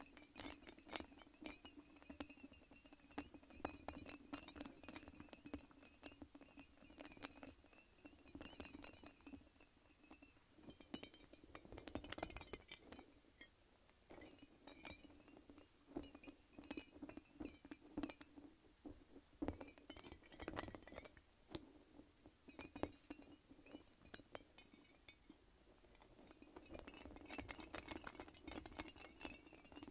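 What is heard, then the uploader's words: A light-up spiky ball makes constant small clinks and taps, dense and irregular, with heavier clusters of knocks around twelve, eighteen and twenty seconds. Beneath the rattling runs a steady low hum, and a faint thin high whine holds throughout. ASMR Light-Up Spiky Ball.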